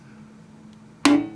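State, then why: Seated. A small U.S. General steel mini toolbox lid closes onto its catch of two neodymium magnets. After a quiet stretch, one sharp metallic snap at 1.0 seconds rings briefly as the lid seats shut.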